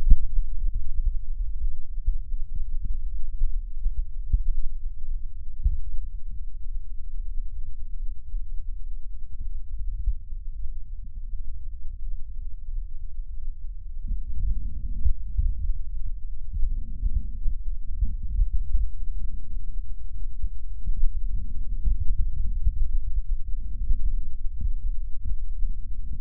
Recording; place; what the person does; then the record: lung sounds by stethoscope; left posterior basal chest; quiet breathing, then deep breathing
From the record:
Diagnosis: none (healthy); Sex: male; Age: 29 years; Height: 180 cm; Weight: 100 kg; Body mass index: 30.9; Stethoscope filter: bell mode